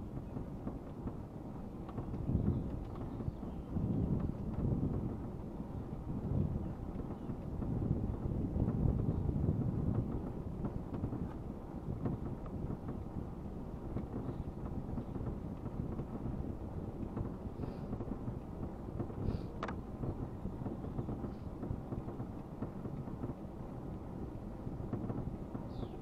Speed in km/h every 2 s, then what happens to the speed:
11, 12, 12, 12, 12, 12, 12, 12, 12, 12, 12, 11, 11.
0-26 steady at about 12.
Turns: none.